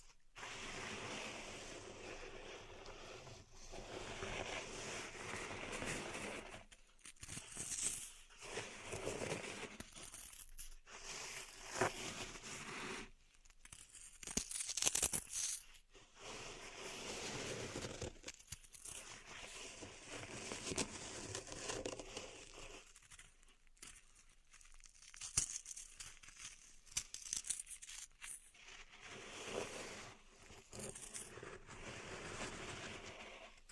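Pink salt being raked and stirred in a zen garden, a dense, grainy hiss of crunching and sliding crystals. The scraping comes in uneven strokes with short pauses around 7, 10, 14 and 23 seconds, some passes sharper and crisper than others.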